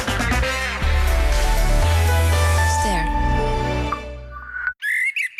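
blackbird singing

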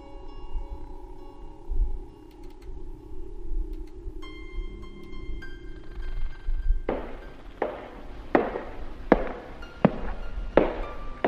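footsteps

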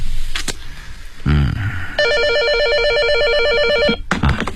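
telephone ringing

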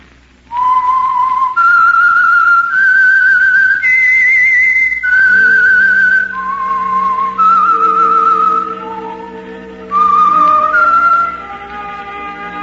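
whistled theme signal

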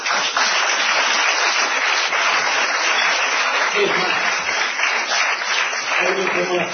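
audience applause

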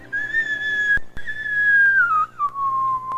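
person whistling

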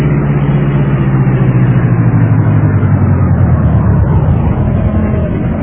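car engine driving

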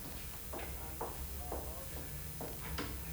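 knocking on a door

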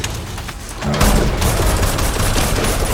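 gunfire sound effect

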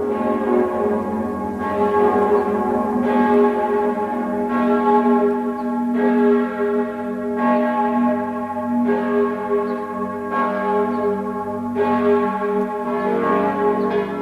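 church bells ringing

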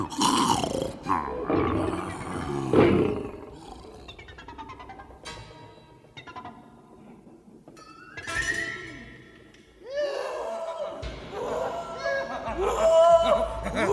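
tiger roaring

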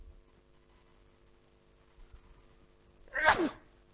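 sneeze

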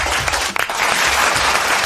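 applause

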